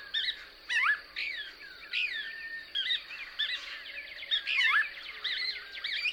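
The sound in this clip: Couch's Kingbird twittering, overlapping chirps and downslurs in rapid succession over a noticeable hissing background.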